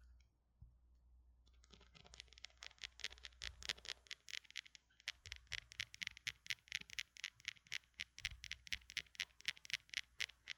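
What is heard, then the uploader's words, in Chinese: Handling noise on a wired microphone: after a quiet first second, quick rhythmic scratching and rubbing strokes start and continue, several per second, crisp and bright. A short break comes around five seconds before the scraping resumes, over a faint low rumble. ASMR 各種玩弄線麥!!(小刺激慎入) | Lo-fi Earphone Mic | No Talking。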